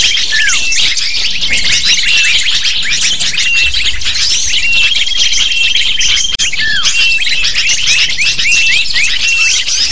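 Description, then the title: Lovebird flock chattering, high scratchy chirps and curling squeaks crowding one another, a momentary dropout midway. Calls used as a lure (pikat) to attract lovebirds. "PIKAT BURUNG LOVEBIRD"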